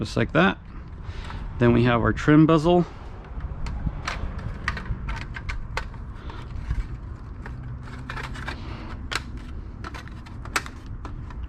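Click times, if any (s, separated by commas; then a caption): 4.7 s, 5.5 s, 5.8 s, 10.6 s. A plastic radio trim bezel is pressed over the radio into the dashboard, and its clips snap in. After someone talks briefly at the start, handling rustles are followed by sharp plastic clicks at 4.7, 5.5, 5.8 and 10.6 seconds. The bezel ends up clicked in place.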